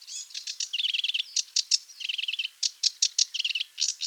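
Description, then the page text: Sedge warbler singing a jumbled medley of scratchy chirps interspersed with short buzzy trilled phrases, rapid and restless throughout. "Sedge Warbler Song Sound Effect. Quick Sounds"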